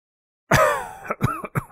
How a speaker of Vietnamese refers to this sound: Tần Nguyên kịch liệt ho khan hai tiếng, ánh mắt đột nhiên chuyển một cái rơi vào trên thân của Hàng Lập, mở miệng hỏi.